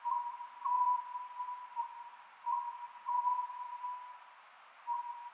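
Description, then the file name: Oriental scops owl hooting, short low notes in bursts repeated about every two and a half seconds, with a steady droning tone beneath. Recorded 27 May 2010 at 22:21. "konohazuku-20100527-2221"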